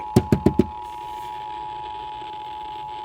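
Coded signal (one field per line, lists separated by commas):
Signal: Emergency Alert System (SAME) tones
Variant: 853 and 960 Hz attention tone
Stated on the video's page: Severe thunderstorm warning SAME tones relayed across a NOAA weather radio transmitter and several broadcast stations.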